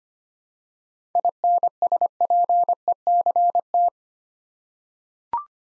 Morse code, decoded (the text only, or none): INSPECT